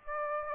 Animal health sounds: mosquito wingbeat signal from an infrared sensor; Aedes aegypti

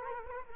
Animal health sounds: mosquito wingbeat signal from an infrared sensor; Culex quinquefasciatus

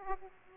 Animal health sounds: mosquito wingbeat signal from an infrared sensor; Aedes aegypti

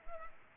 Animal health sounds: mosquito wingbeat signal from an infrared sensor; Anopheles arabiensis

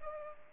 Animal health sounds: mosquito wingbeat signal from an infrared sensor; Culex pipiens

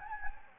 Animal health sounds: mosquito wingbeat signal from an infrared sensor; Anopheles gambiae

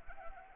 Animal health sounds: mosquito wingbeat signal from an infrared sensor; Anopheles arabiensis

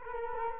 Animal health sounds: mosquito wingbeat signal from an infrared sensor; Culex quinquefasciatus

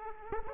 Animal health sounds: mosquito wingbeat signal from an infrared sensor; Aedes aegypti

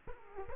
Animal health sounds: mosquito wingbeat signal from an infrared sensor; Culex quinquefasciatus

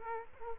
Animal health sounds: mosquito wingbeat signal from an infrared sensor; Culex quinquefasciatus

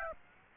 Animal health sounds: mosquito wingbeat signal from an infrared sensor; Aedes aegypti

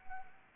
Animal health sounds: mosquito wingbeat signal from an infrared sensor; Anopheles arabiensis

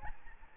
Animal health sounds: mosquito wingbeat signal from an infrared sensor; Aedes albopictus

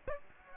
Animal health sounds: mosquito wingbeat signal from an infrared sensor; Aedes aegypti

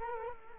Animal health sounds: mosquito wingbeat signal from an infrared sensor; Culex quinquefasciatus

